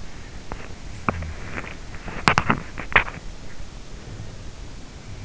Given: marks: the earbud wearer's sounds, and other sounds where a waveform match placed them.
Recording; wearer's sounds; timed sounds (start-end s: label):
sounds in sleep by an in-ear microphone; teeth grinding
0.81-4.21 s: teeth grinding